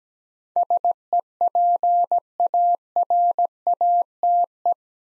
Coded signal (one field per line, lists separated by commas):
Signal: Morse code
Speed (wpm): 17 wpm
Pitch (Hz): 700 Hz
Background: none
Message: SEPARATE